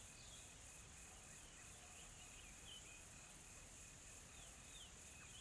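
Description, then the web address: Insects keep up an even, high-pitched drone, joined by a softer repeated pulsing tone and occasional quick bird chirps. Calm, soft insect sounds in a tropical forest in South Africa. "Smart Sound FX - Nature South Africa AMBIENCE Additional Tropical Forest Soft Insects Calm"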